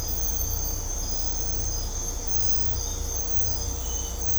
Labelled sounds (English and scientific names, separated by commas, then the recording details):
none
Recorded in dense forest near Puerto Asís, Putumayo, Colombia, on 16 December 2024 at 05:30
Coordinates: 0.503, -76.323
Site G043